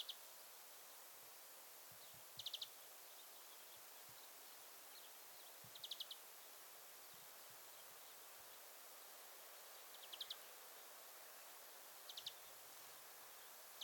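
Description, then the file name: European greenfinch call notes, brief rapid clusters of high chips repeated every few seconds, faint against constant hissing background noise. "Chloris chloris"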